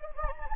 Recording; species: mosquito wingbeat signal from an infrared sensor; Anopheles gambiae